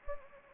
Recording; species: mosquito wingbeat signal from an infrared sensor; Anopheles gambiae